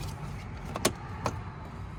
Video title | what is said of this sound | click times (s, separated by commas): FUSE BOX LOCATION ON A 2001 - 2007 TOYOTA SEQUOIA | just like that. Make sure it clicks. That's good. | 0.9 s, 1.3 s